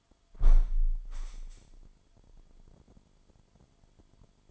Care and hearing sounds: daily activity, microphone in the room; close window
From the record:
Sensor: 5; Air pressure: 998.0 hPa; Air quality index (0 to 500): 98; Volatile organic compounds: 2 ppm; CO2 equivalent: 1122 ppm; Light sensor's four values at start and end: 27/64/27/29 and 27/64/27/29

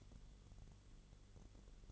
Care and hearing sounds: daily activity, microphone in the room; light off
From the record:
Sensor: 4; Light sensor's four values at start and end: 12/27/10/10 and 11/25/10/9

